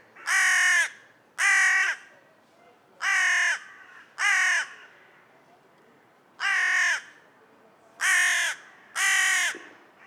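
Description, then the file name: Carrion crow uttering a series of seven harsh, grating caws with irregular gaps between. "Corvus corone"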